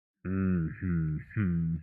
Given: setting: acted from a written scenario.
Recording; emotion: vocal sound without words; shame